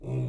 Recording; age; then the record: pig call; weaner (32 to 43 days)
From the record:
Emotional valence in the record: negative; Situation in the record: short isolation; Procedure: open field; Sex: female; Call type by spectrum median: low-frequency call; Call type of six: low-frequency stable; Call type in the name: low-frequency stable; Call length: 0.29 s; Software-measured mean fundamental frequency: 61 Hz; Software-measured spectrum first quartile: 126 Hz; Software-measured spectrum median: 172 Hz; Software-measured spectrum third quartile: 365 Hz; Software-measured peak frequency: 132 Hz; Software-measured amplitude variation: 78 dB a second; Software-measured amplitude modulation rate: 19.1 a second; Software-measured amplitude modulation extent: 4.1 dB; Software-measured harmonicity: 1.4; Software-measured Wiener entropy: -0.43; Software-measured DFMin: 1432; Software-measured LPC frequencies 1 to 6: 2491, 3598, 6051, 7482, 9006, 10855 Hz